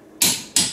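A torque wrench set to 80 ft-lb is pulled on a wheel lug nut of a Mitsubishi Mirage to check the torque. Two sharp clicks are heard at 0.2 s and 0.6 s, each decaying quickly. The wrench clicks at its setting, confirming the lug nut is tightened to 80 ft-lb.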